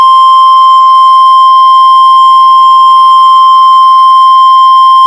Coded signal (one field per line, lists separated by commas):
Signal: Emergency Alert System (SAME) tones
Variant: 1050 Hz attention tone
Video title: Severe Thunderstorm Watch EAS #519